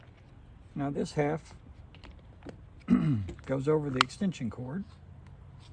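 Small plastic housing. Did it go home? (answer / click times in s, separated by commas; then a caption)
no / none. One half of a plastic cord-lock housing is handled over an extension cord plug to make a waterproof connection while someone talks, with a few faint, brief handling ticks between phrases. Nothing has snapped or seated yet.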